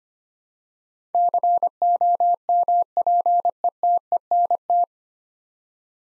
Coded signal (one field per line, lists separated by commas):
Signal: Morse code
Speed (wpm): 25 wpm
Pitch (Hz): 700 Hz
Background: none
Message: COMPETENT